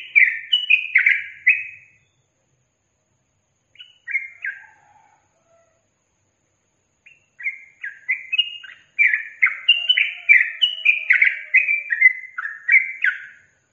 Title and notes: MASTERAN Trucukan Tembakan Dan Ropel. BURUNG TRUCUKAN